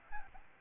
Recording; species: mosquito wingbeat signal from an infrared sensor; Aedes albopictus